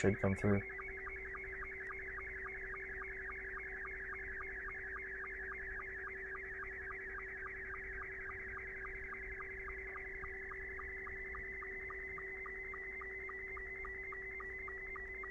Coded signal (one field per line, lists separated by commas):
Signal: SSTV (slow-scan television)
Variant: Scottie 2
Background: speech